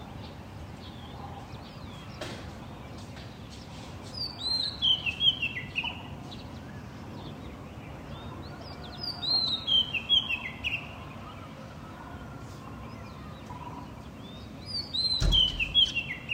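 Birds call one after another on an early morning in Dali, bright chirping phrases arriving in bursts around 5, 9–11, and 15–16 seconds. Between them a steady low rumble and faint background chatter persist, with a sharp knock near 2 seconds and another at 15.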